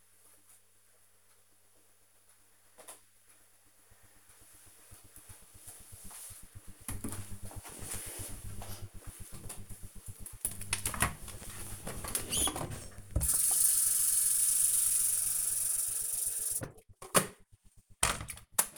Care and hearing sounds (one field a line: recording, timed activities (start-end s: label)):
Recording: household activities, microphone on the right wrist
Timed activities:
8.47-18.78 s: making tea